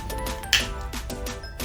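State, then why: Seated. A bicycle headlight unit is pushed onto its plastic handlebar clamp mount and seats with a sharp plastic snap at 0.5 s. Softer handling knocks come before and after it. Steady background music plays throughout.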